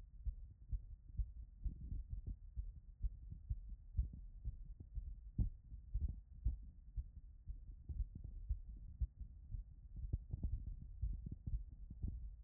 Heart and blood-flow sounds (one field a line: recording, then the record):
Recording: heart sounds by stethoscope after running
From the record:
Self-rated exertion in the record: very light exertion (1 of 6)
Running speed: 5 mph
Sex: male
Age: 27 years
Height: 188 cm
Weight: 79 kg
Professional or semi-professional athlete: no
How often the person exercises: 3 to 5 times a week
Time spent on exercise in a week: 3 to 4 hours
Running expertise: yes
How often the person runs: 1 to 2 times a week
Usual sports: running, tennis, rock climbing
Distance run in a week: 10 km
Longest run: 42 km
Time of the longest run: 220 minutes